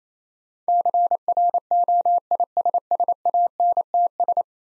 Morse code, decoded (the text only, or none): CROISSANTS